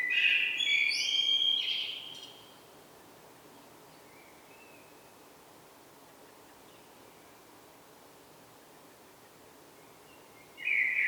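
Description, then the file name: Common blackbird sings a fluted phrase with squeaky upper notes, then a long pause before the next phrase begins. "Turdus merula"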